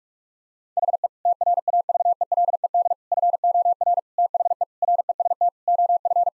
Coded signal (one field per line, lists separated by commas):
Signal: Morse code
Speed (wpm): 46 wpm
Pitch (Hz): 700 Hz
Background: none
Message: HE TRAVELED FOR THE REST OF